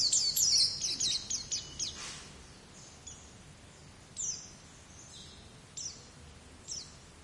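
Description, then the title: White-eye song: a quick run of high twittering notes at first, then scattered faint chirps over steady hissing background noise. "Pleci"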